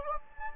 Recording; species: mosquito wingbeat signal from an infrared sensor; Anopheles gambiae